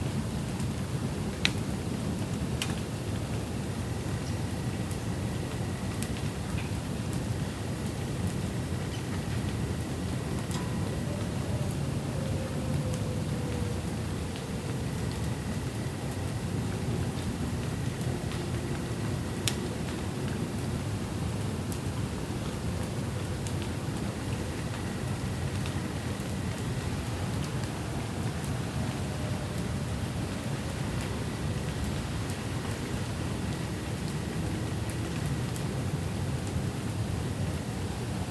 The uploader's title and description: An Evening Thunderstorm in the City. The sounds of a thunderstorm in the city wash away the rest of the evening noise in Grand Rapids, Michigan